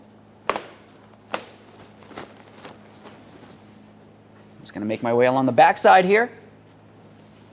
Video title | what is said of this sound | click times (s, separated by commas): How to Replace Fog Light Hole Covers 2014-2019 Toyota Corolla | gently press it in. Listen for a click and make sure it's locked in. | 0.5 s, 1.3 s